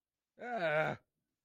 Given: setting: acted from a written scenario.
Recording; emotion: vocal sound without words; negative surprise